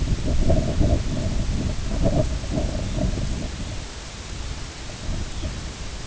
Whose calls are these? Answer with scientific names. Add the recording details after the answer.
Calcarius lapponicus. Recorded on Arctic tundra, site IGLO-B, on 21 June 2018. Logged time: 07:59